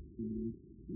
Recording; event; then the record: neck accelerometer signal played as sound; no cough (speech, laughter, throat clearing or background)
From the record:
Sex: female